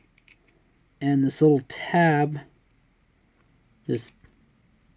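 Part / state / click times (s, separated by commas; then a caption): toy sword tab into slot on action figure's back / not seated / none. Someone talks while handling a plastic Transformers WFC Kingdom Optimus Primal action figure, lining up the tab on its sword with the storage slot on the figure's back, with a few faint small ticks. The tab has not been pushed home yet, and nothing has seated or clicked.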